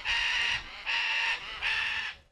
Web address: 2013 AUG 15 13 08 15 MACAWS